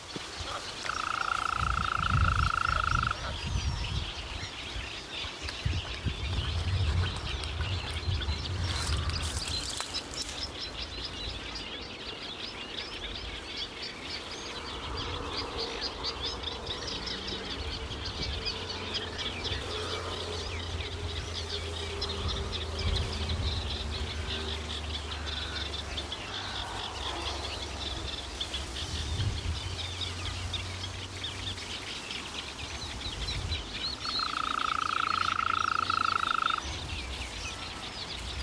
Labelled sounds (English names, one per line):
Green Toad call